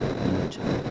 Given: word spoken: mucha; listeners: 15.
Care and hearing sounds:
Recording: one Spanish word in noise, from a listening test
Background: noise modulated by three-talker babble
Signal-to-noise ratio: -4.5 dB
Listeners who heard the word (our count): 1 of 15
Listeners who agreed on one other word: 9 of 15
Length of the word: 0.50 s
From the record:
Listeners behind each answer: 9, 2, 1, 1, 1, 1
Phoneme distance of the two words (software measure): 10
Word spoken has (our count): 2 syllables, 4 phonemes, stress on syllable 1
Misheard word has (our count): 2 syllables, 4 phonemes, stress on syllable 1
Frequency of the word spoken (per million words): 100.92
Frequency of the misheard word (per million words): 545.62

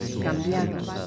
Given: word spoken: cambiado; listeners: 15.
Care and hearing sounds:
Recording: one Spanish word in noise, from a listening test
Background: eight-talker babble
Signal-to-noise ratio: 0.7 dB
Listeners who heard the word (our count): 1 of 15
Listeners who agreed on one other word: 6 of 15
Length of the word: 0.67 s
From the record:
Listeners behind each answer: 6, 4, 1, 1, 1, 1, 1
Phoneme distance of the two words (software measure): 7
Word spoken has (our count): 3 syllables, 8 phonemes, stress on syllable 2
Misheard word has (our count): 3 syllables, 9 phonemes, stress on syllable 2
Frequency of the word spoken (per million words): 39.04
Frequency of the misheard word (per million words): 1.01

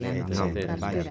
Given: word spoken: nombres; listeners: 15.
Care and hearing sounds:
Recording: one Spanish word in noise, from a listening test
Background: four-talker babble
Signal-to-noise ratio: -2.0 dB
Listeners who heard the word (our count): 0 of 15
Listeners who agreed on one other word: 9 of 15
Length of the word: 0.70 s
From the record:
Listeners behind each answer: 9, 1, 1, 1, 1, 1, 1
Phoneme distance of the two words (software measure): 51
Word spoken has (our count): 2 syllables, 7 phonemes, stress on syllable 1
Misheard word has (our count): 2 syllables, 4 phonemes, stress on syllable 1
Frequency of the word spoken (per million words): 73.68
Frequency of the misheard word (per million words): 73.67

